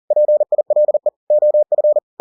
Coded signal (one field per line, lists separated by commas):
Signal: Morse code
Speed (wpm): 40 wpm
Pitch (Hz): 600 Hz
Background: none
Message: PILE OF